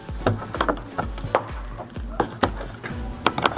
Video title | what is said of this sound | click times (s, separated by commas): MAZDA CX-7 LICENSE PLATE LIGHT BULB REPLACEMENT - Tag Light Removal Replacement 2007 - 2012 | hear it snap there. | 3.3 s